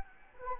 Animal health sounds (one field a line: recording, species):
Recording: mosquito wingbeat signal from an infrared sensor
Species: Anopheles arabiensis